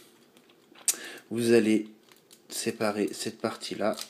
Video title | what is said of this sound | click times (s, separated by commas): Transformers Classics - Deluxe Mirage | voilà qui se clipse là vous | 0.9 s